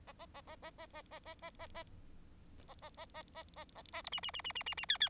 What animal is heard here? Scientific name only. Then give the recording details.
Lonchura striata domestica. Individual Bird4